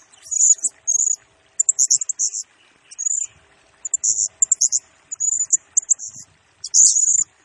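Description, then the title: Blue-crowned hanging parrot song: rapid high-pitched chirps and buzzy squeals in dense clusters, with quick stuttered note series between longer shrill phrases. Lure and tutoring recording of a serindit singing actively (gacor, nembak style), intended to excite other birds and train them. "Burung Serindit Nembak Gacor Bikin Emosi Semua Burung"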